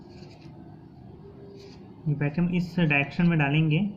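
A camera battery is handled and lined up with the battery compartment of a Canon 700D DSLR before being pushed in, with faint low handling noise for the first two seconds. Someone talks from about 2.1 s to the end, and the battery has not seated or clicked yet.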